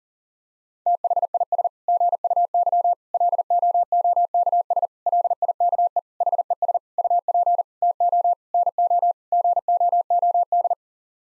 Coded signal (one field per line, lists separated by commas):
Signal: Morse code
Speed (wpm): 40 wpm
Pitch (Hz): 700 Hz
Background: none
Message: THIS GUY LOOKS LIKE HES UP TO NO GOOD